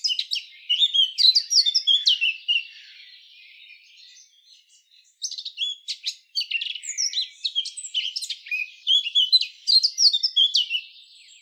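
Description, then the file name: Eurasian blackcap giving a hurried, jumbled warble of sharp chirps and twitters, dropping to faint notes for a couple of seconds, then resuming its busy, scratchy song. "Sylvia atricapilla"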